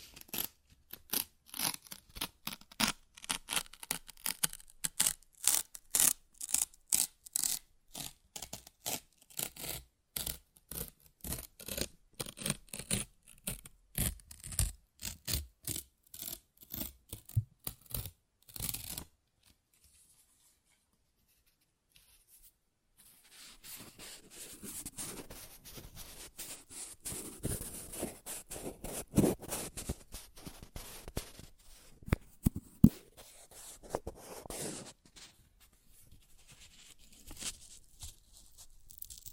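Paper is ripped in quick, sharp bursts for the first nineteen seconds, a dense run of crackling tears spaced closely together. After a brief silence near twenty seconds, slower, longer tearing and crumpling resumes, rising in loudness around thirty seconds before trailing off.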